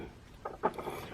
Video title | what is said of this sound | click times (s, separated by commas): Metal Robot Spirits Strike Freedom with Wing of Light & Hi-Mat Full Burst Effect Set Figure Review | a bit uh I'm not sure if I like this connection because it snaps in place but I'm | 0.6 s, 0.8 s